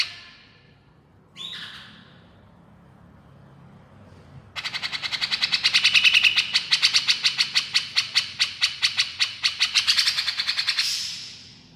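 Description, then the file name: Grey-cheeked bulbul delivering a long, fast series of harsh buzzy pulses after a couple of brief squeaky notes, ending in a higher rasping note. Female bird; described as gacor, actively and energetically vocalising. "suara cucak jenggot betina gacor"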